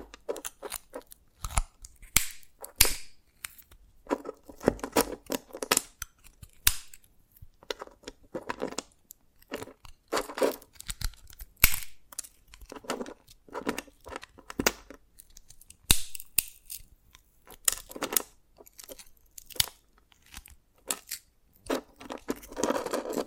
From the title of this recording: Dalgona Candy Challenge Tapping, Cracking Triggers